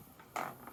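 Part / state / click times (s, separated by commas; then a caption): latch clip on wooden hive box / not seated / none. A latch clip on a wooden stingless bee hive box is handled while a second latch is being locked to keep the split hive boxes together. Short, sharp knocks and rattles of handling are heard. The latch has not seated or clicked yet.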